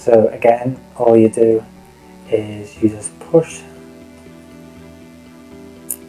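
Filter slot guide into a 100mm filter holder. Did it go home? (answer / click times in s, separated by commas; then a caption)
yes / 5.9 s. A filter slot guide is pushed into a plastic 100mm Lucroit filter holder and seats. Someone talks over soft background music, and a sharp click comes at 5.9 s.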